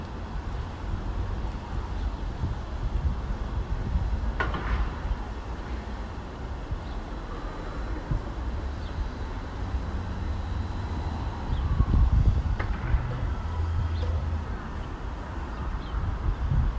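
Outdoor ambience alongside the Rail Trail in South End, dominated by a steady low rumble of traffic and wind. Brief clatters stand out near 4.5 and 12.5 seconds, and the rumble swells slightly around 12 seconds as a vehicle passes.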